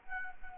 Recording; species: mosquito wingbeat signal from an infrared sensor; Anopheles arabiensis